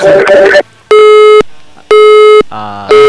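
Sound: telephone line tone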